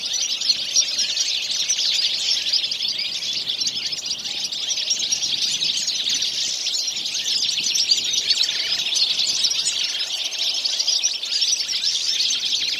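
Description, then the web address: Birds twittering in a full chorus of many high, rapid chirps layered together without a pause. "Deverinetal"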